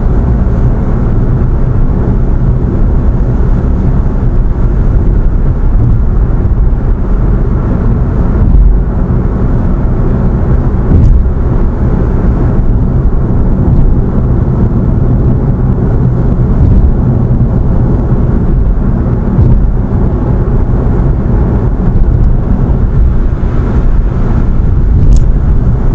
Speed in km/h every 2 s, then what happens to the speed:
94, 94, 93, 92, 92, 91, 91, 91, 91, 90, 90, 92, 92.
0-26 steady at about 92.